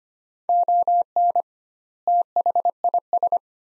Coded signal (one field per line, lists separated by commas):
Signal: Morse code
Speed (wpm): 25 wpm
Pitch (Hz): 700 Hz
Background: none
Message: ON THIS